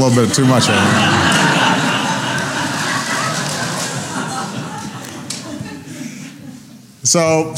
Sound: laughter